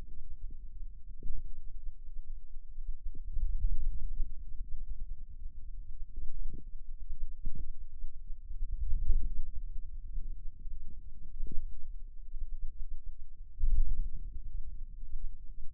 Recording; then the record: forearm muscle sounds (acoustic myography)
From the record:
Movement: ulnar deviation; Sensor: system 2, bracelet of six BSWA MPA416 microphones around the upper forearm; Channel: 5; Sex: male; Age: 22 years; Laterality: right